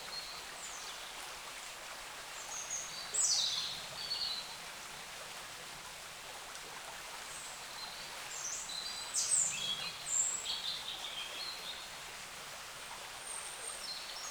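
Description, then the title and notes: Birds chirping sporadically, with a sharp high burst early on and a livelier run of twitters later, over constant hiss. Wild birds in forest along a small branch of the Dordogne at the exit of Carennac, France; recorded with a Zoom H5 and XYH-5 microphone. "Carennac - Oiseaux de la Dordogne. Oiseaux Loire forêt Carennac. A la sortie de Carennac, le long d'un petit bras de la Dordogne, les oiseaux dans la forêt Zoom H5 + XYH-5"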